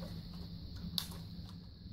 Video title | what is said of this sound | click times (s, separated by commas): How To Replace Your Electric Water Heater Thermostats | hear it click lock | 1.0 s